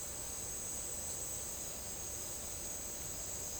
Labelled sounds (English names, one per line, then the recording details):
none
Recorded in dense forest near Puerto Asís, Putumayo, Colombia, on 8 March 2025 at 14:00
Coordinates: 0.467, -76.328
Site G041